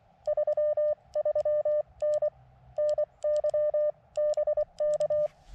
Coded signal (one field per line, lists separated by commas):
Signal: Morse code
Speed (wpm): 24 wpm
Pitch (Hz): 600 Hz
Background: none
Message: 33N NY BK